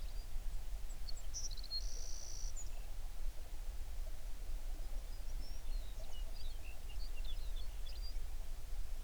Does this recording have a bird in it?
yes